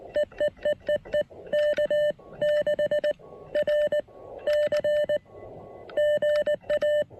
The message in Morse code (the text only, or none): EEEEE K6RC GA